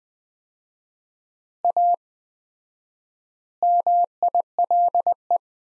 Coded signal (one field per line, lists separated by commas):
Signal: Morse code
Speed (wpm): 21 wpm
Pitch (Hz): 700 Hz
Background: none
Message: A MILE